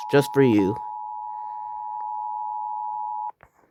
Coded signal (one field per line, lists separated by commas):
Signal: Emergency Alert System (SAME) tones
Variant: 853 and 960 Hz attention tone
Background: speech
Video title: reacting to eas alarms animated series 1-5 original